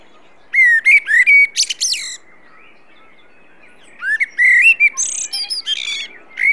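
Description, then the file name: Common blackbird giving a clear flute-like phrase with strained high twitters, a quiet pause, then a second warbling phrase with shrill notes. "Turdus merula"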